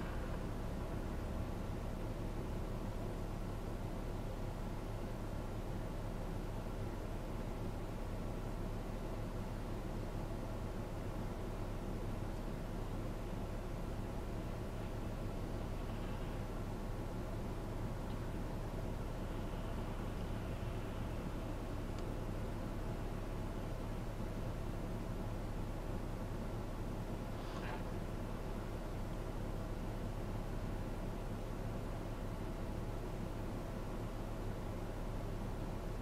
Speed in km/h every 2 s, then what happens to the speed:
0, 0, 0, 0, 0, 0, 0, 0, 0, 0, 0, 0, 0, 0, 0, 0, 0, 0.
0-36 standing.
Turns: none.